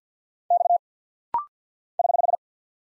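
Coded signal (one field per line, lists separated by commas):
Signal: Morse code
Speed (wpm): 48 wpm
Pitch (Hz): 700 Hz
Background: none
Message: X <HH>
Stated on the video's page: Rapid-fire Morse drill at 50 wpm of single letters, numbers, punctuation and prosigns; each sent in Morse, spoken, then sent again.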